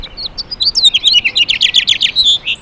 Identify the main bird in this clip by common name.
House Finch